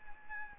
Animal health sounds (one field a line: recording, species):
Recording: mosquito wingbeat signal from an infrared sensor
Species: Anopheles arabiensis